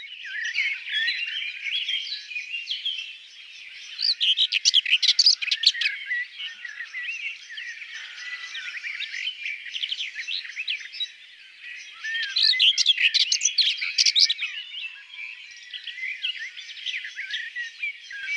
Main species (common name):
Common Whitethroat